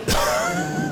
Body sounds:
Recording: coughing mixed with background sound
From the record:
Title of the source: Coughing 51

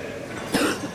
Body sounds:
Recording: coughing mixed with background sound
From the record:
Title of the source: 60 coughing still (deep and wet cough)

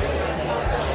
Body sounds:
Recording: background sound without coughing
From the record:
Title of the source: CITY SOUNDS Busy Bar in the Evening Night - 2 HOURS of Ambiance for Relaxation

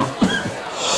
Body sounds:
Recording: coughing mixed with background sound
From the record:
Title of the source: Spring Allergy Coughing

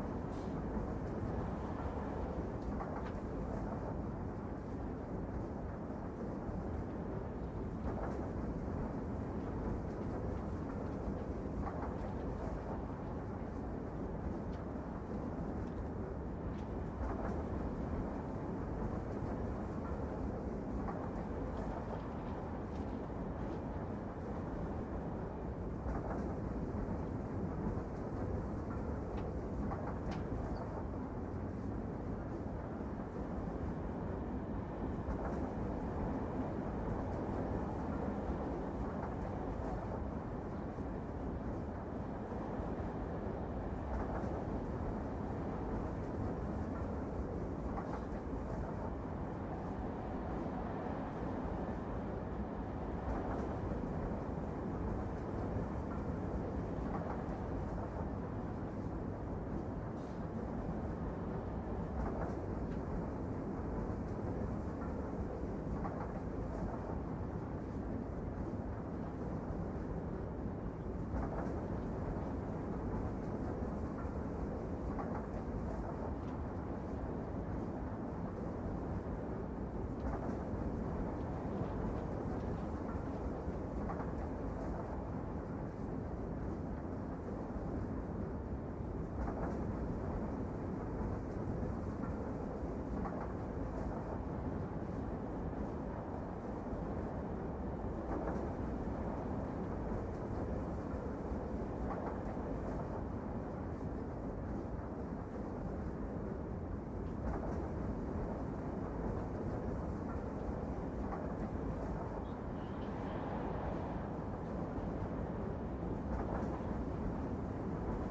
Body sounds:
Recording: background sound without coughing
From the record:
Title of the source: Train Ride Ambience ambient white noise for sleeping, focus, studying, reading

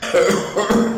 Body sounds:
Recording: coughing mixed with background sound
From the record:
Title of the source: Wet Throat Infection Cough

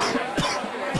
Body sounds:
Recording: coughing mixed with background sound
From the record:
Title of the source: Coughing 46

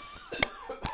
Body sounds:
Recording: coughing mixed with background sound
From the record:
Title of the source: Spring Cold Coughing 2

